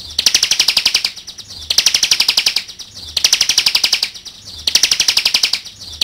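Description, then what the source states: Bar-winged prinia song of four rapid, buzzy, high trills, each lasting roughly a second, with short quiet gaps between them. Ciblek labelled 'jatra'.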